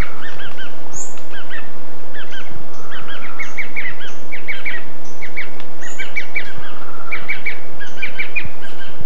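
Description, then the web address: Bird chirps: brisk, repeated clicky notes in uneven groups, joined now and then by a brief high whistle, over a steady background hiss. "BIRD 2015 SABIOD 50 bird 2015"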